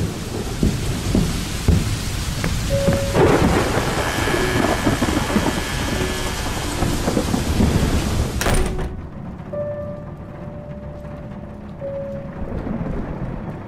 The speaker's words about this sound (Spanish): Otra vez tormenta.